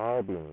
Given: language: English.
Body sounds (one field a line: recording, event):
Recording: throat vibration sensor signal played as sound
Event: speech